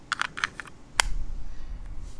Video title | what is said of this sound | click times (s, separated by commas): Logitech R400 Wireless Presenter Review | now you can store this receiver at the bottom of the presenter and there's this really satisfying click when you do | 1.0 s